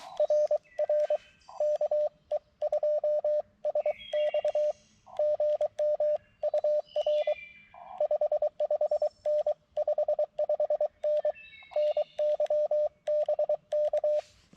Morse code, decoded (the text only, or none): RR KE2SX GM UR 55N 55N NY BK